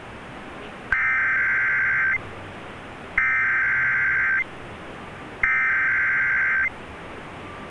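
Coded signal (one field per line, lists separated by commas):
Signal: Emergency Alert System (SAME) tones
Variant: header bursts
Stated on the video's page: Required monthly test received on AM broadcast station.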